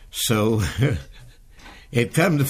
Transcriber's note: chuckling